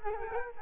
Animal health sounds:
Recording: mosquito wingbeat signal from an infrared sensor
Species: Culex quinquefasciatus

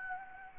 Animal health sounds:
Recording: mosquito wingbeat signal from an infrared sensor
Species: Anopheles gambiae

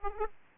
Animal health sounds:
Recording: mosquito wingbeat signal from an infrared sensor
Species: Aedes aegypti

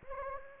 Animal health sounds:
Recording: mosquito wingbeat signal from an infrared sensor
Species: Anopheles gambiae

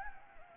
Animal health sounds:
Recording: mosquito wingbeat signal from an infrared sensor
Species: Anopheles gambiae

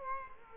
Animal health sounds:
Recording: mosquito wingbeat signal from an infrared sensor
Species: Culex quinquefasciatus

